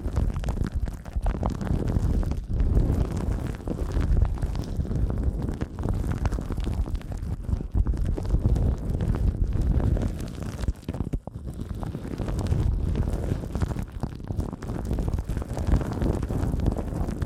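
Soft, muffled rubbing and pressing sounds from an eardrum massage, thick and low with little brightness. The texture is dense and continuous, pulsing irregularly with brief dips around eleven seconds, resembling wind buffeting a microphone.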